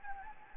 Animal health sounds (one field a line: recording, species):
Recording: mosquito wingbeat signal from an infrared sensor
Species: Anopheles gambiae